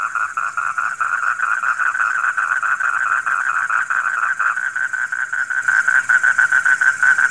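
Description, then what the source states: Frog giving a long run of quick pulsed croaks that become sharper and more clearly separated toward the end. Heard at night.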